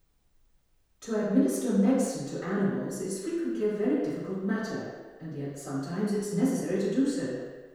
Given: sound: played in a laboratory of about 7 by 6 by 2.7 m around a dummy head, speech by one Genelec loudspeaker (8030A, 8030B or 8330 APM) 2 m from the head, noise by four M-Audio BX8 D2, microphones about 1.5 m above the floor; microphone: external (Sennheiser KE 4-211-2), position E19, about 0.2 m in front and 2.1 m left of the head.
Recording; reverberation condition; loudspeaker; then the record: female speech in English; high; 150 degrees to the right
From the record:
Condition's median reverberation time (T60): about 1300 ms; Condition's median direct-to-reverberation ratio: about -4.0 dB